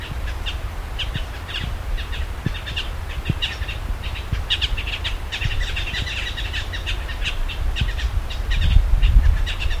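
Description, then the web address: Bird calls, short chirpy notes repeated rapidly throughout over a steady low rumble of background noise. "BIRD 2015 SABIOD 50 bird 2015"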